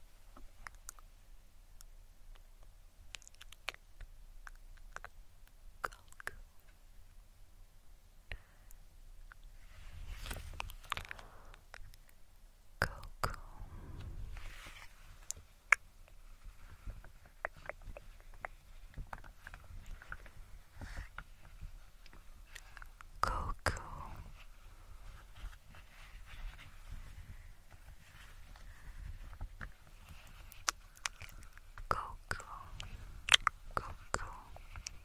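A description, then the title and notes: Mouth sounds and tongue clicks, sharp and dry, scattered irregularly. Wetter, breathier bursts of mouth noise cluster around 10, 15, 23 and 32 seconds, over a faint, steady low hum. Mouth Sounds, Tongue clicking.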